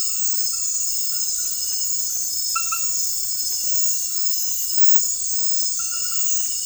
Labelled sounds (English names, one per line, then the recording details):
none
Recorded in dense forest near Puerto Asís, Putumayo, Colombia, on 18 February 2024 at 02:30
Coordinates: 0.484, -76.317
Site G6464